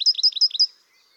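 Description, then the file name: Eurasian wren, four quick high double notes in under a second, then quiet. "Troglodytes troglodytes"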